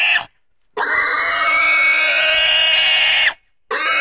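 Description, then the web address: Pig squealing, one harsh shrill intense squeal held for about two and a half seconds, bracketed by shorter squeals at the start and end. "Sony Creative Software Sony Pictures Sound Effects Series Volumes 1-10 Volume 1 Animals Pig Squeals Intense"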